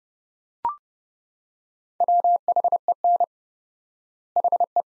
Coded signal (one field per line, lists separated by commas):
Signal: Morse code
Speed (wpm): 30 wpm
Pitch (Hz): 700 Hz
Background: none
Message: WHEN HE